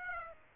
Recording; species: mosquito wingbeat signal from an infrared sensor; Aedes aegypti